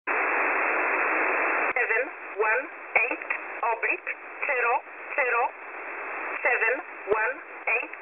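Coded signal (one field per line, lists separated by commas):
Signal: numbers station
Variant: E11 Oblique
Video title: E11 Oblique 23/08/2023 0845 UTC 12815kHz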